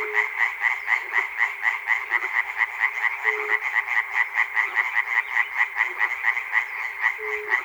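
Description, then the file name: Frog: dense croaking chorus of frogs, pulses tumbling quickly and unevenly, plus occasional short low steady notes. Frogs recorded at Chernobyl. "peter cusack-chernobyl frogs"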